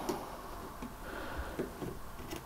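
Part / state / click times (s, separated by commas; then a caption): memory module into motherboard DIMM slot / not seated / none. A memory module is held over a motherboard DIMM slot, its notch lined up with the key in the slot before it is dropped in and pressed. Only quiet handling is heard, with faint light taps and ticks over low background noise. Nothing has seated or clicked yet.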